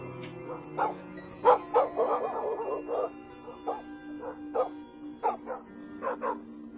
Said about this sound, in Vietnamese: Giữa lúc ấy, tiếng chó cắn ma ở trong xóm nhấm nhẳng vang lên.